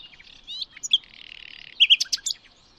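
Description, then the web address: Bird song, a brief run of high twittering notes over a faint buzzy trill, ending in a quick cluster of sharp chirps. "Bird Only"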